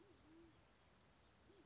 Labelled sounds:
Band-tailed Pigeon (Patagioenas fasciata)
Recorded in Sonoma County, California

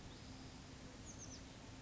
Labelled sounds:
Oak Titmouse (Baeolophus inornatus)
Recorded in Sonoma County, California

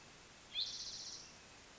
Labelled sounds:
Spotted Towhee (Pipilo maculatus)
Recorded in Sonoma County, California

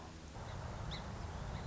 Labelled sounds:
Song Sparrow (Melospiza melodia)
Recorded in Sonoma County, California

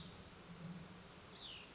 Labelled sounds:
Cassin's Vireo (Vireo cassinii)
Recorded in Sonoma County, California

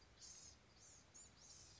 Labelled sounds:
Blue-gray Gnatcatcher (Polioptila caerulea)
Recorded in Sonoma County, California

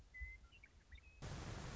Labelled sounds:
Western Meadowlark (Sturnella neglecta)
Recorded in Sonoma County, California

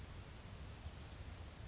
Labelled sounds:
Grasshopper Sparrow (Ammodramus savannarum)
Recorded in Sonoma County, California

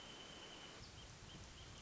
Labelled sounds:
Wrentit (Chamaea fasciata)
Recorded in Sonoma County, California

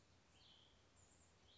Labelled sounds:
Cassin's Vireo (Vireo cassinii)
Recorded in Sonoma County, California

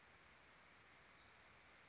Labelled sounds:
Western Flycatcher (Empidonax difficilis)
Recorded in Sonoma County, California

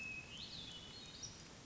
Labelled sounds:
Hermit Thrush (Catharus guttatus)
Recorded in Sonoma County, California

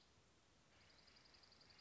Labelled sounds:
Dark-eyed Junco (Junco hyemalis)
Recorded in Sonoma County, California

